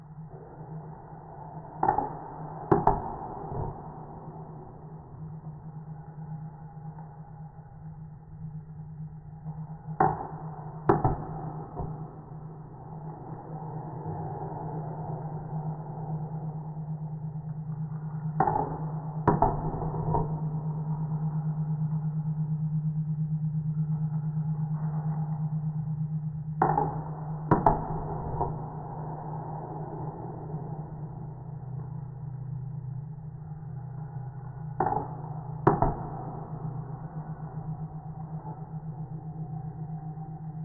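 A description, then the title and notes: A kinetic drawing machine hums steadily in a low tone while sharp paired clicks or knocks recur roughly every eight seconds. The soundscapes are constructed from recordings of simple autonomous kinetic drawing apparatus that were set up and left to operate for extended periods of time without intervention. Each apparatus is a unique combination of modified turntable, found objects, rods, cables, and pens, in an assemblage suspended from a camera tripod. The sounds were manipulated by layering, time shifting, EQ and other simple effects.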